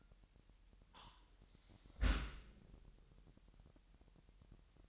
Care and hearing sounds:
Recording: daily activity, microphone in the room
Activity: close dishwasher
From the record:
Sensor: 3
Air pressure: 998.4 hPa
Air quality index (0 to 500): 147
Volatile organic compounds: 5 ppm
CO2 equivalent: 1760 ppm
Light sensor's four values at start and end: 14/41/16/15 and 14/41/16/15

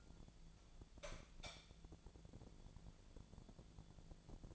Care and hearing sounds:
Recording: daily activity, microphone in the room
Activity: light on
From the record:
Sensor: 5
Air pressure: 1000.2 hPa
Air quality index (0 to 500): 98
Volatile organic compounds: 1 ppm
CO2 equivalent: 792 ppm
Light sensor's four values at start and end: 163/389/165/180 and 164/394/167/182

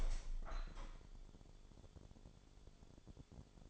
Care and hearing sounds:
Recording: daily activity, microphone in the room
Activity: open window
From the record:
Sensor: 5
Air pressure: 1015.0 hPa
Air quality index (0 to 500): 100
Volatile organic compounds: 2 ppm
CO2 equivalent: 1073 ppm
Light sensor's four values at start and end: 35/80/32/31 and 35/80/32/31

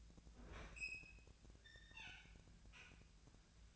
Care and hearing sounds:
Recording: daily activity, microphone in the room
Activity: open fridge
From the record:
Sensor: 2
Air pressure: 1009.6 hPa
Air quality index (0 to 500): 183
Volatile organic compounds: 11 ppm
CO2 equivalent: 2282 ppm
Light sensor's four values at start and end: 27/65/28/31 and 27/65/28/31

